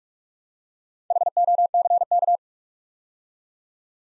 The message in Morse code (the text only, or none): HOCK